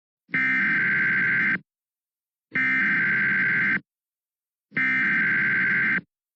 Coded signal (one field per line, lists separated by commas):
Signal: Emergency Alert System (SAME) tones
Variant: header bursts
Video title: Tornado Warning EAS in Philadelphia, PA